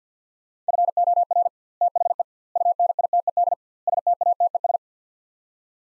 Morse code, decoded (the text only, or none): FOR THE UNITED STATES